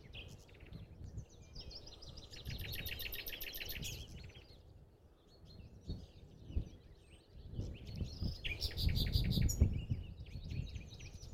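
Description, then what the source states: Common Nightingale song: rich, varied phrases with rapid repeated notes and buzzy trills, pausing between bursts, over low rumbling noise. Two nightingales singing against each other, one on each side of the path, competing; recorded close by with a small recorder on a morning at Meijendel, Wassenaar, Netherlands.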